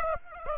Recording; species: mosquito wingbeat signal from an infrared sensor; Aedes aegypti